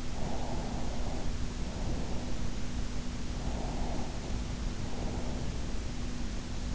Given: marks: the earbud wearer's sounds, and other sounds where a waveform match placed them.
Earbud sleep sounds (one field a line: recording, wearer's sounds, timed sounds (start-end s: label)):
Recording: sounds in sleep by an in-ear microphone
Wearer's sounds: breath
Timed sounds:
0.12-2.25 s: breath
3.38-5.47 s: breath